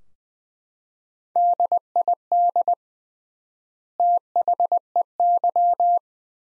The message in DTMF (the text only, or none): none